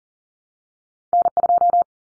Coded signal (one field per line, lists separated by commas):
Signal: Morse code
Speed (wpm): 40 wpm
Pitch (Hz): 700 Hz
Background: none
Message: N2